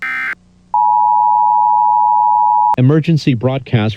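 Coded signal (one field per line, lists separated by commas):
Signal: Emergency Alert System (SAME) tones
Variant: 853 and 960 Hz attention tone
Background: speech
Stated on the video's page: Fictional scenario of a nationwide emergency broadcast in the Philippines; not a real broadcast.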